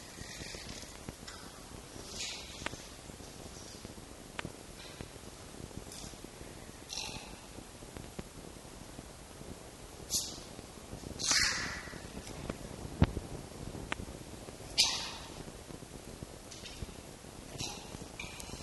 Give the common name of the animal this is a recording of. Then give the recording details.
Red Fox. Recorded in captivity. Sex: female. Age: adult. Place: Zoologisches Institut der HUB, Berlin, DE. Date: 1955-03-07 19:25. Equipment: Elmetra. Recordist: Tembrock, Günter